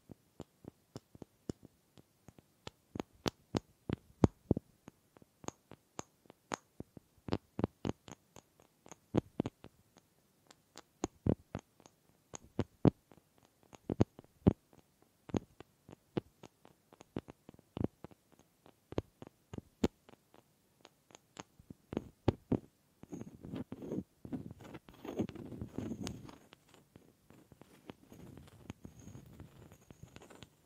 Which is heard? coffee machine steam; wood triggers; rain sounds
wood triggers